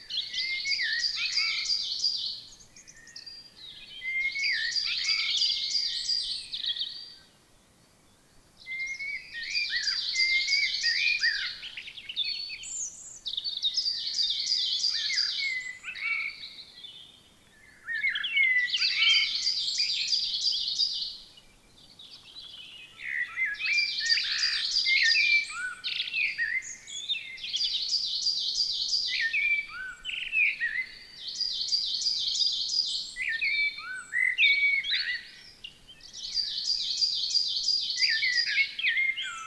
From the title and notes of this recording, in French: MERLE ET MESANGE NOIRE. Val Maravel - nagra LB - perche 6m - stéréo mkh20. Le chant des oiseaux se repend avec bonheur dans la forêt. Remarquez la perche à 6 mètres avec les deux micros omnidirectionnels.